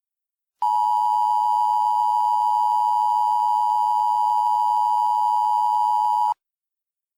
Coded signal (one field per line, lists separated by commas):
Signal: Emergency Alert System (SAME) tones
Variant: 853 and 960 Hz attention tone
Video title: EAS Mock 27: Leftovers